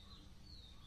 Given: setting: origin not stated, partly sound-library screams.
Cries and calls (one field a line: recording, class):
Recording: one-second piece from a danger detection set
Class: normal situation